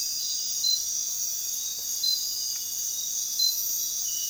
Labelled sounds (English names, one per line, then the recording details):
none
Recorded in dense forest near Puerto Asís, Putumayo, Colombia, on 20 February 2024 at 05:30
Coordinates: 0.466, -76.327
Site G6413